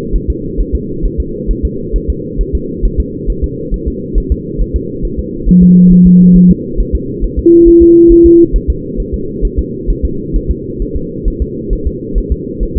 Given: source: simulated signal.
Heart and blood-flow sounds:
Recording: fetal heart sounds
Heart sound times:
0.16 s: S1
0.30 s: S2
0.60 s: S1
0.75 s: S2
1.05 s: S1
1.20 s: S2
1.51 s: S1
1.65 s: S2
1.96 s: S1
2.10 s: S2
2.41 s: S1
2.55 s: S2
2.85 s: S1
3.00 s: S2
3.30 s: S1
3.44 s: S2
3.74 s: S1
3.88 s: S2
4.18 s: S1
4.32 s: S2
4.61 s: S1
4.76 s: S2
5.05 s: S1
5.19 s: S2
5.49 s: S1
5.63 s: S2
5.92 s: S1
6.07 s: S2
6.36 s: S1
6.51 s: S2
6.80 s: S1
6.95 s: S2
7.24 s: S1
7.39 s: S2
7.68 s: S1
7.82 s: S2
8.12 s: S1
8.26 s: S2
8.56 s: S1
8.70 s: S2
9.00 s: S1
9.14 s: S2
9.45 s: S1
9.59 s: S2
9.90 s: S1
10.05 s: S2
10.36 s: S1
10.51 s: S2
10.82 s: S1
10.96 s: S2
11.28 s: S1
11.42 s: S2
11.73 s: S1
11.87 s: S2
12.18 s: S1
12.32 s: S2
12.63 s: S1
12.77 s: S2
From the record:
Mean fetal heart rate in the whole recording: 135 bpm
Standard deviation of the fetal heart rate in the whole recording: 3 bpm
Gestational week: 36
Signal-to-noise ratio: -6.6 dB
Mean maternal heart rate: 72 bpm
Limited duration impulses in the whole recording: present

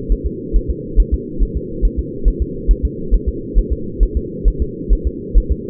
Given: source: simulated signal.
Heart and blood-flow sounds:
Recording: fetal heart sounds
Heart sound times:
0.12 s: S1
0.26 s: S2
0.56 s: S1
0.70 s: S2
1.00 s: S1
1.14 s: S2
1.43 s: S1
1.57 s: S2
1.85 s: S1
1.99 s: S2
2.28 s: S1
2.42 s: S2
2.71 s: S1
2.85 s: S2
3.14 s: S1
3.28 s: S2
3.58 s: S1
3.73 s: S2
4.03 s: S1
4.17 s: S2
4.48 s: S1
4.62 s: S2
4.93 s: S1
5.07 s: S2
5.38 s: S1
5.52 s: S2
From the record:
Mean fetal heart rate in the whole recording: 135 bpm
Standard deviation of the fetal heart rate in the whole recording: 3 bpm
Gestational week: 36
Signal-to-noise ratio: -4.3 dB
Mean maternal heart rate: 72 bpm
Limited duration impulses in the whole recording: absent

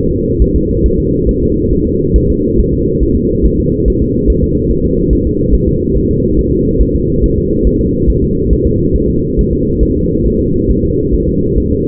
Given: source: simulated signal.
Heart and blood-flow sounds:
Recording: fetal heart sounds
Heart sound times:
0.12 s: S2
0.42 s: S1
0.56 s: S2
0.86 s: S1
1.00 s: S2
1.29 s: S1
1.43 s: S2
1.73 s: S1
1.87 s: S2
2.16 s: S1
2.30 s: S2
2.59 s: S1
2.74 s: S2
3.03 s: S1
3.17 s: S2
3.46 s: S1
3.60 s: S2
3.88 s: S1
4.02 s: S2
4.30 s: S1
4.44 s: S2
4.71 s: S1
4.86 s: S2
5.13 s: S1
5.27 s: S2
5.55 s: S1
5.69 s: S2
5.97 s: S1
6.11 s: S2
6.39 s: S1
6.53 s: S2
6.81 s: S1
6.96 s: S2
7.24 s: S1
7.38 s: S2
7.67 s: S1
7.81 s: S2
8.10 s: S1
8.24 s: S2
8.53 s: S1
8.67 s: S2
8.96 s: S1
9.10 s: S2
9.39 s: S1
9.53 s: S2
9.83 s: S1
9.97 s: S2
10.27 s: S1
10.41 s: S2
10.71 s: S1
10.85 s: S2
11.14 s: S1
11.29 s: S2
11.58 s: S1
11.72 s: S2
From the record:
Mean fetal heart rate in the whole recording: 140 bpm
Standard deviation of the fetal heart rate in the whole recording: 2 bpm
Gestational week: 34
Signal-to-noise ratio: -14.7 dB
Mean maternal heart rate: 72 bpm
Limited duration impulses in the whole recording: present

